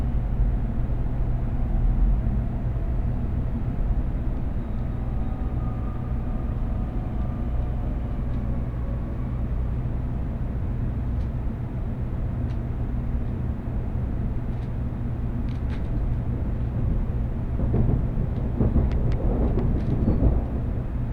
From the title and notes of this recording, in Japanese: 東海道新幹線こだま浜松→静岡。朝一番の浜松始発の新幹線です。